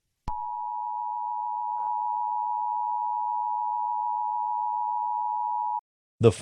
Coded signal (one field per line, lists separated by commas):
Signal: Emergency Alert System (SAME) tones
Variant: 853 and 960 Hz attention tone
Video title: EAS Scenario #4: A Cold Blanket (Ft. Diamondlegendz)